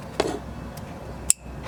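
An old pigtail connector from a stock 4.6 harness is pushed onto a 5.0 oil pressure sensor. After a soft knock at 0.2 s, a sharp, bright click rings out at 1.3 s. The connector seats securely.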